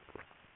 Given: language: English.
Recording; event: throat vibration sensor signal played as sound; swallow